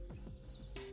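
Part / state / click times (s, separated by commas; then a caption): heads-up display unit into dashboard speaker opening / seated / 0.8 s. An aftermarket heads-up display unit is pressed into the dash speaker opening of a Toyota Tacoma truck. A sharp, broadband snap is heard at 0.8 s over a steady low background with faint sweeping tones. The unit seats and snaps into place.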